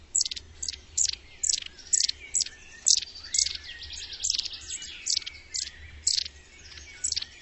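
Bird calls: a quick, rhythmic series of loud high chirps, with softer chirping between them.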